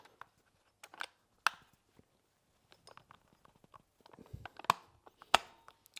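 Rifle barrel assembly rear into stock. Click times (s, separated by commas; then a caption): 5.3 s. The rear of an SSR4 Mk2 airsoft rifle's barrel/receiver assembly is pushed down into the stock before the pin is reinserted. Scattered handling taps and clicks sound, with sharp snaps near 1.5 s and 4.7 s. The assembly clicks into place at 5.4 s, seated.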